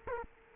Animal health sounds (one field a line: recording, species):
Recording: mosquito wingbeat signal from an infrared sensor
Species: Culex quinquefasciatus